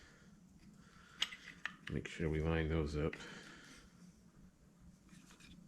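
A metal starter motor housing from a Wheel Horse lawn tractor is handled and lined up over the armature and end cap during reassembly, with short sharp handling taps near 1.2 s and 1.7 s while someone talks. The housing has not yet been pulled on by the magnets; nothing has seated or clicked yet.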